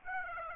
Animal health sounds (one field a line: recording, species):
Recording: mosquito wingbeat signal from an infrared sensor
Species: Aedes aegypti